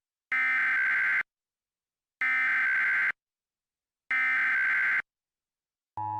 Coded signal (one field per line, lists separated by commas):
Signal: Emergency Alert System (SAME) tones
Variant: header bursts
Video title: EAS Scenario: Lava Can Hear You REMASTERD: Original Made By Matthew Cumpton